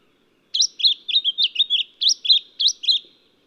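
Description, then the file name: Lemon-bellied flycatcher uttering a lively string of high, sharply slurred notes in quick succession, some rising and some falling. "Microeca Flavigaster"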